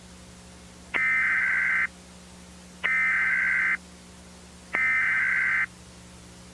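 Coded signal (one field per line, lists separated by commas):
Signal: Emergency Alert System (SAME) tones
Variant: header bursts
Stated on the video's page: Fictional EAS/analog horror scenario using valid EAS tones.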